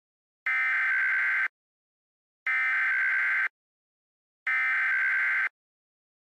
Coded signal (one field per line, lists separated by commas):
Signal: Emergency Alert System (SAME) tones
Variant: header bursts